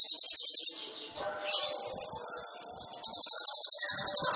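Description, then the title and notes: Sunbird singing quick high trills, a steady thin rattle in the middle, then a doubled buzzy trill; faint lower hum underneath. Full song with varied fills and bursts (isian dan tembakan), singing actively (gacor), suited for prompting other birds. "MASTERAN KOLIBRI NINJA FULL ISIAN DAN TEMBAKAN COCOK BUAT PANCINGAN. Suara Burung Kolibri Ninja Gacor"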